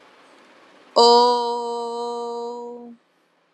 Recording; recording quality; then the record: sustained vowel as in boot; excellent, no background noise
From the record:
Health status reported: healthy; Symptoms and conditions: none ticked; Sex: female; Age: 30 years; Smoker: not ticked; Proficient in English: yes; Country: India